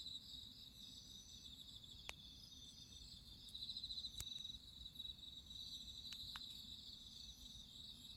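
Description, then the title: Cricket song as a continuous high pulsing trill, a few sharp clicks breaking through, and a soft low rumble underneath. Crickets singing at midnight. "Listen to nature crickets singing at midnight"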